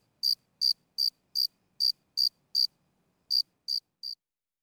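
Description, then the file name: Grasshopper chirping: short, high, even chirps repeated about three times a second, a brief pause, then a few more; no other sounds. "kuznechik"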